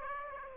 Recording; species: mosquito wingbeat signal from an infrared sensor; Aedes aegypti